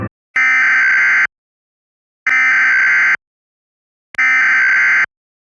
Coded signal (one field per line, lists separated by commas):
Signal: Emergency Alert System (SAME) tones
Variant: header bursts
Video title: "TURNING SKIES" | EAS Scenario/Analog Horror